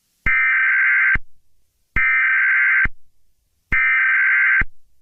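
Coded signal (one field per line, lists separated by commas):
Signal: Emergency Alert System (SAME) tones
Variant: header bursts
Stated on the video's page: Fictional EAS scenario.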